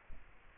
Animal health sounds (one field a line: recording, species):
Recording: mosquito wingbeat signal from an infrared sensor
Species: Aedes aegypti